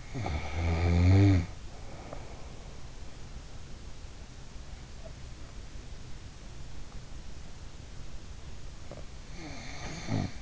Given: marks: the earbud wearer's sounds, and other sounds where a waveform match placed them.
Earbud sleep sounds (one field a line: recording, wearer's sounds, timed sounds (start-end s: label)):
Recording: sounds in sleep by an in-ear microphone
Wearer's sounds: snoring breath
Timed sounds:
0.00-3.00 s: snoring breath
8.60-10.42 s: snoring breath